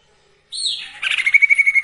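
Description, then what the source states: Sirtu song opening with a high descending buzz, then a rapid steady trill on a single note. Training recording for songbirds with the full variation of sirtu phrases.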